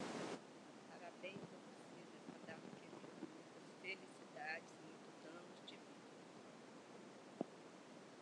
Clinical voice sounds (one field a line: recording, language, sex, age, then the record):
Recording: short text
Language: Brazilian Portuguese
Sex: female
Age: 50 to 59 years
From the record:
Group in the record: control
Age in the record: 58 years